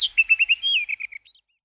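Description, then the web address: Black bush robin song: a short phrase of quick, clear chirped notes near one pitch, a drawn-out slurred note, then faster, softer notes trailing off. "Schulze Peter Black Bush Robin song"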